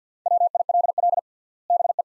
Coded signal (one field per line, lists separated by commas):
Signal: Morse code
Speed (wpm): 50 wpm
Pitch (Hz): 700 Hz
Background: none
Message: WILL BE